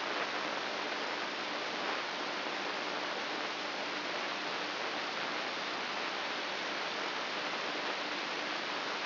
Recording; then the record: brain microelectrode recording played as sound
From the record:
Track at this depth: inside the subthalamic nucleus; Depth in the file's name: 4.385 mm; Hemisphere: left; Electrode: 2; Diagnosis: Parkinson's disease